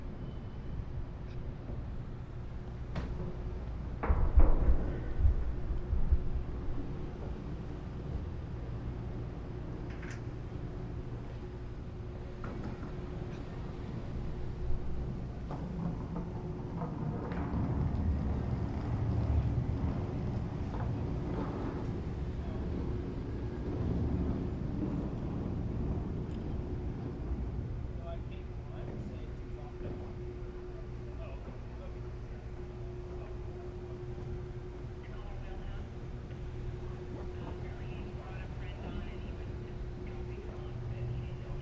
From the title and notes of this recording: Seattle Inbound Rear Passenger Deck Board And Launch Stereo. Round-trips on the Seattle-Bainbridge Island Ferry.